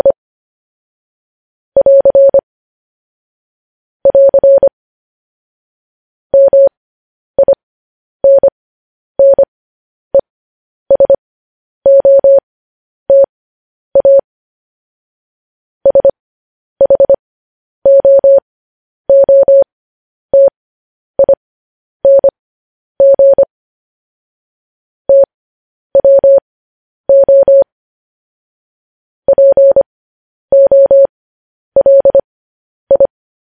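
Morse code tapped out as a single steady tone, around 600 Hz, switching cleanly on and off in short dots and longer dashes. Groups of signals arrive irregularly across the whole clip, separated by brief gaps of complete silence, with no background noise.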